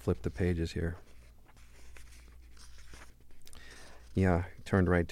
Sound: soundbite of flipping pages

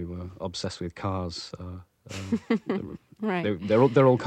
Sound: laughs

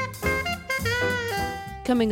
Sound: horn honks, thud

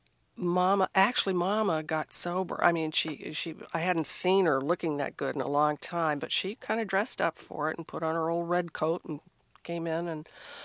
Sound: none

